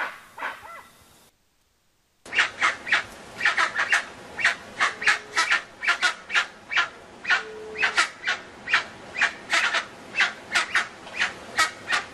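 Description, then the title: Dusky-legged guan producing a rapid series of harsh, buzzy notes after a brief silent break, delivered steadily for about ten seconds. Calls of the dusky-legged guan, used as a sound to call the bird in. "Pavanegra. Pava de Monte o Pava Oscura Cantando Sonido para Llamar"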